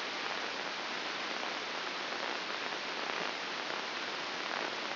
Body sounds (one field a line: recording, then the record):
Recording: brain microelectrode recording played as sound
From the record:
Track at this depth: outside the subthalamic nucleus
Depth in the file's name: 7.46 mm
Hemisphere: left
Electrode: 2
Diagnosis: Parkinson's disease